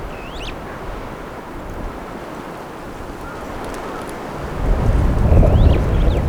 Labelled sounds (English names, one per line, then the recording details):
Superb Starling flight call
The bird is a female
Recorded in Kenya on 15 April 2009 at 14:54
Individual 107, of group WDB